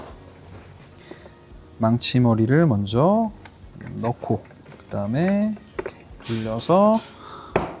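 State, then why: Seated. A hammer-head trim fastener on the end panel of a Tesla Model YL car door is inserted head first, twisted and pushed into the inner door panel. Someone talks over quiet background music. A sharp, short tap is heard at 7.6 s as the fastener seats in place.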